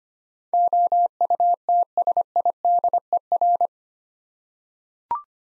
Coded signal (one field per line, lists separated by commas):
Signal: Morse code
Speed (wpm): 25 wpm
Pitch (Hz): 700 Hz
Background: none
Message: OUTSIDER